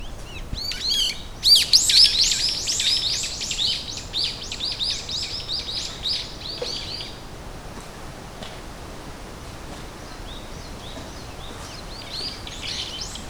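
Bird calls, a dense burst of high chirps and descending notes in the first seven seconds, then quieter scattered chirps over steady background noise.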